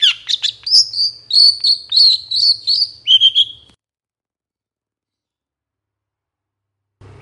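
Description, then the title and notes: Long-tailed Shrike warbling a quick run of high chirps and thin whistled notes for a few seconds, then silence before one last note. Morning song of a vigorously singing long-tailed shrike, in the 'toet toet' variation style, described as having a clear voice that is easy to imitate. "Cendet Gacor Dor Di Kala Pagi Toet Toet Variasi Suara Jernih Mudah Di Tiru. Burung cendet"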